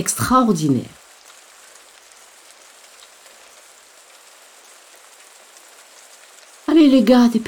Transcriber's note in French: Pluie